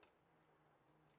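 A screw going back into the mounting hole of a Whirlpool dryer timer is turned counterclockwise until its thread drops into the start of the existing thread with a small click at 0.0 s. The screw is seated in the thread and ready to be turned forward to tighten.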